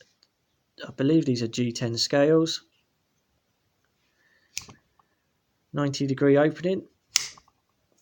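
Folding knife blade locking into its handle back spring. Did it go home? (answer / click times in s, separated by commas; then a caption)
yes / 7.2 s. A folding pocket knife with G10 scales and a 90 degree opening has its blade swung open until the back spring locks it open. Someone talks, then a loud, sharp click at 7.2 seconds marks the blade locking solidly into the handle's back spring, and someone talks again about how solid it is.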